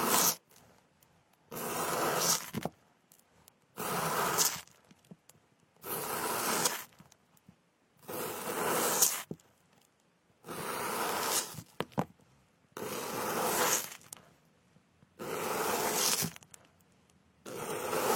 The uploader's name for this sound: cutting fruits and picking ears